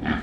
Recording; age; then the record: pig call; growing-finishing pig (85 days or more)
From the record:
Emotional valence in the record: negative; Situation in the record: barren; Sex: female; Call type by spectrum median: low-frequency call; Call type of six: low-frequency modulated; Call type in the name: low-frequency modulated, not sure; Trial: 1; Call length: 0.24 s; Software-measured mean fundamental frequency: 57 Hz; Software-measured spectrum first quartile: 217 Hz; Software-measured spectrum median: 549 Hz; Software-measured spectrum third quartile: 1511 Hz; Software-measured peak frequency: 234 Hz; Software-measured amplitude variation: 158 dB a second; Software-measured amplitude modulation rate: 19.1 a second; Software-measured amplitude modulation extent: 8.3 dB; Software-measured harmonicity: 1.9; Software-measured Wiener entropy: -1.55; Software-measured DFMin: 668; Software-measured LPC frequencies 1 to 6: 1144, 1717, 3167, 5733, 7254, 8765 Hz